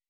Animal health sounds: hydrophone in a shrimp aquaculture tank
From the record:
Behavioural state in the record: weakened

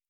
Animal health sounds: hydrophone in a shrimp aquaculture tank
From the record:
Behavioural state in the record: starved

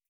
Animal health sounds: hydrophone in a shrimp aquaculture tank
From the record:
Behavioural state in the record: feeding

